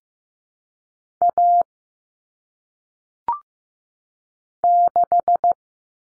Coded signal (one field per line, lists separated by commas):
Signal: Morse code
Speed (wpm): 15 wpm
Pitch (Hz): 700 Hz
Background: none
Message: A 6